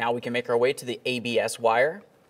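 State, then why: Not seated. On a 2005-2010 Dodge Dakota, during a driver side axle stub shaft replacement, someone talks while turning to the plastic ABS wheel-speed sensor wire connector that will be pressed into its mating harness plug. The connector is meant to click so it is secured together. Nothing has seated or clicked yet, so the connector is handled but not yet home.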